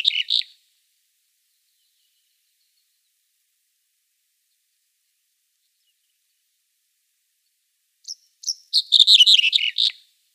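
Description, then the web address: Red-headed bunting song: a short burst of chirpy notes near the start, then silence, then a rapid, jangling phrase of bright notes around eight seconds. "Schulze Peter Red-headed Bunting song"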